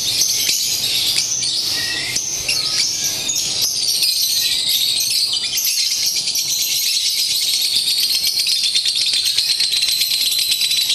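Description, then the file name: Lovebird singing a fast, shrill, twittering chatter with scratchy rattles, continuous for the whole stretch. Simulated lovebird singing competition. "audio-simulasi-lomba-lovebird -omkicau"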